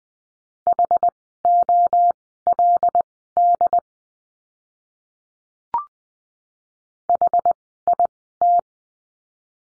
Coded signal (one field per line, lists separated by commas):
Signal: Morse code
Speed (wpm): 20 wpm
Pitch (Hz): 700 Hz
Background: none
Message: HOLD HIT